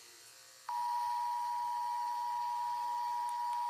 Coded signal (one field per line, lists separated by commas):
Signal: Emergency Alert System (SAME) tones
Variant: 853 and 960 Hz attention tone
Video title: Canadá eas alarm 1990 🇨🇦